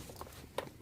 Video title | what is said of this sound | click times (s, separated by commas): Oil Catch Can Kit Installation on Alfa Romeo Giulia Quadrifoglio | pops into place, or like so. | 0.6 s